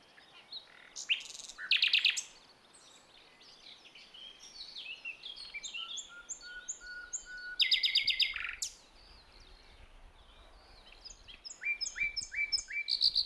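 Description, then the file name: Common nightingale singing varied phrases: sharp chattering bursts, a soft level whistled series, then more quick notes. "Luscinia megarhynchos"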